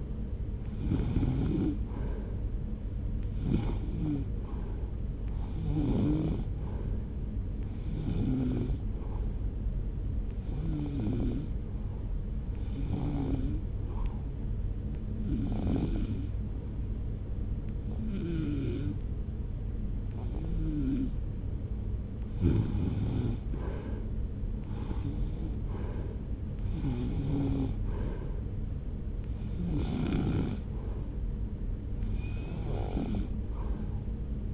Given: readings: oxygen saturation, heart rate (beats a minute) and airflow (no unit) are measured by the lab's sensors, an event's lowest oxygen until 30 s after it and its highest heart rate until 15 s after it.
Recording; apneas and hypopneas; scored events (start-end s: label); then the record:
breathing in sleep by a smartphone at the bedside; 1
12.00-24.90 s: hypopnea (REM, oxygen 94% highest, then 90% lowest)
From the record:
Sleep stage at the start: REM sleep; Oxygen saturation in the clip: 92 to 94%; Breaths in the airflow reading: 10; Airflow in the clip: -1.0 to 1.6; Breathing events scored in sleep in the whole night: 335 in 6.7 hours asleep